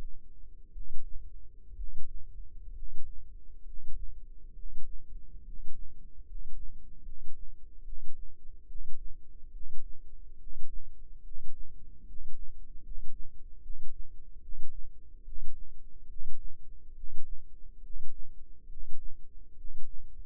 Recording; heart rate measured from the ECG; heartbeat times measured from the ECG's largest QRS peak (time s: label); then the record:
heart sounds by microphone in the left ear; 70 bpm
0.71 s: heartbeat
1.75 s: heartbeat
2.73 s: heartbeat
3.64 s: heartbeat
4.54 s: heartbeat
5.43 s: heartbeat
6.25 s: heartbeat
7.03 s: heartbeat
7.84 s: heartbeat
8.66 s: heartbeat
9.51 s: heartbeat
10.38 s: heartbeat
11.22 s: heartbeat
12.05 s: heartbeat
12.81 s: heartbeat
13.61 s: heartbeat
14.40 s: heartbeat
15.23 s: heartbeat
16.07 s: heartbeat
16.94 s: heartbeat
17.81 s: heartbeat
18.67 s: heartbeat
19.55 s: heartbeat
From the record:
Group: healthy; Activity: rest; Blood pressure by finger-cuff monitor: 104/64 mmHg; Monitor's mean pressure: 77 mmHg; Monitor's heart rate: 70 bpm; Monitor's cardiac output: 6.7 L/min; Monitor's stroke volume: 96 mL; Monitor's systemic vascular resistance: 830 dyn s/cm5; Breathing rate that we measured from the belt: 10 breaths a minute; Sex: male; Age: 35 years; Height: 180 cm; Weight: 86.9 kg